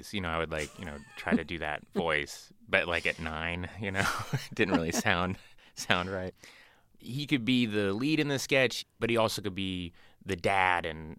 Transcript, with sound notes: you know, I would...
(Laughter).
...Like, you know, try to do that voice but, like, at 9, you know?
(LAUGHTER)
It didn't really sound right. He could be the lead in the sketch, but he also could be the dad